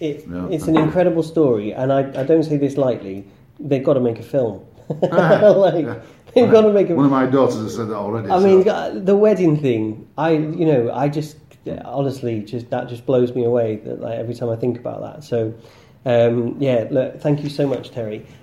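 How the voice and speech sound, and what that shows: An adult man speaks fluently in a relaxed, conversational way, with ordinary pauses and a few casual restarts.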